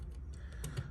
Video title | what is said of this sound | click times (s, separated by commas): 1/50 Scale Flat Bed Trailer - WSI Models | and then push it. You're gonna hear a nice click like that. | 0.6 s